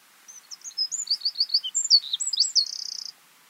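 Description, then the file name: Eurasian wren song: a quick burst of high, piercing twittered notes ending in a dry, rattling trill after about three seconds. "Troglodytes troglodytes"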